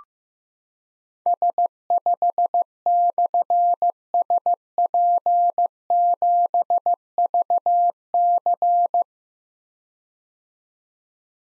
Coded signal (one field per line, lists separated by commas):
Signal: Morse code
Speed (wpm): 15 wpm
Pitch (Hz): 700 Hz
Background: none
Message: S5/SP7VC